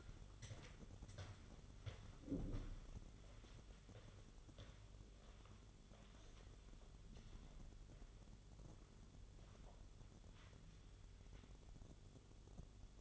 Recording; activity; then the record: daily activity, microphone in the room; walk to room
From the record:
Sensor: 4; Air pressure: 1009.0 hPa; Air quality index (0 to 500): 141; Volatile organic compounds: 2 ppm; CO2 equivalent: 1023 ppm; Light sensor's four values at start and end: 12/26/10/10 and 14/32/13/12